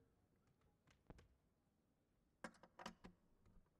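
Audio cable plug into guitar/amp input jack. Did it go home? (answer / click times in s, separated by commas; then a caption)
yes / 2.4 s. An audio cable plug is pushed into a guitar or amplifier input jack before playing. After a faint tap near 1.1 s, the plug clicks sharply into place at 2.4 s, followed by a few softer knocks around 2.8–3.1 s. The cable is seated.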